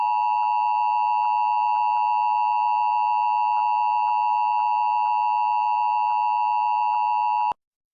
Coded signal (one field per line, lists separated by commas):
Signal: Emergency Alert System (SAME) tones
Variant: 853 and 960 Hz attention tone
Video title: San Francisco Required Monthly Tests on 5 TV Stations (EAS #6554-6559) 5/10/22